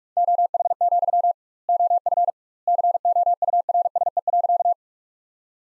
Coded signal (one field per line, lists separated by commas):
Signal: Morse code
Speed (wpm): 46 wpm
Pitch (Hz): 700 Hz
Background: none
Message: OH, OF COURSE.